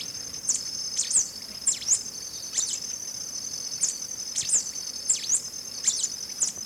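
Black-capped warbling finch calls: sharp high chips and short descending notes, repeated several times over a steady high whine.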